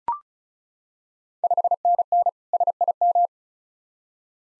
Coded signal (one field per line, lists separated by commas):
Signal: Morse code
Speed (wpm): 36 wpm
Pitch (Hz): 700 Hz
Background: none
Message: 5NN SIM